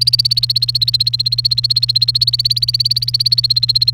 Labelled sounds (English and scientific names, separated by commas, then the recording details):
Domestic Canary (Serinus canaria) song
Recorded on 29 April 2018 at 13:44
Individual llb3